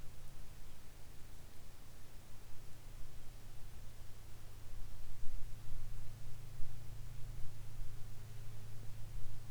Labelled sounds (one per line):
songbird
rain
aircraft
insects